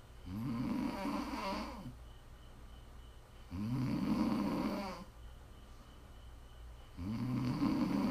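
Steady, low-pitched snoring from an adult woman asleep, in the style of an ASMR snoring piece. Loud, rattling snores come roughly every three and a half seconds, with quiet breathing between them.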